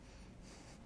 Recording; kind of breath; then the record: one breath in and out by a microphone near the nose and mouth; strong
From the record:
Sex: male